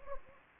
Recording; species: mosquito wingbeat signal from an infrared sensor; Anopheles arabiensis